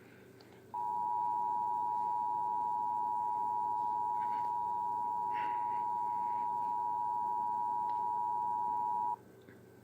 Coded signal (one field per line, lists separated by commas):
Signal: Emergency Alert System (SAME) tones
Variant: 853 and 960 Hz attention tone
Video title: EAS National Test 2011